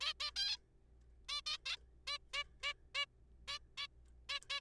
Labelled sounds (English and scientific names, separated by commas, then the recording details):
Zebra Finch (Taeniopygia guttata)
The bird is a juvenile
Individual R3428